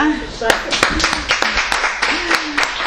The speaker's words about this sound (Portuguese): Palmas.